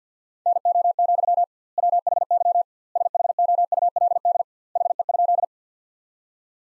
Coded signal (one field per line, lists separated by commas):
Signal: Morse code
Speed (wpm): 50 wpm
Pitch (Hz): 700 Hz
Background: none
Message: NO, WHY SHOULD HE?